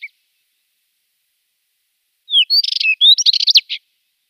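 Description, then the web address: Spectacled warbler song: a short note, then after a pause a thin rising whistle leads into a rapid buzzy chatter, followed by a second, fuller scratchy warble. "Schulze Peter Spectacled Warbler song"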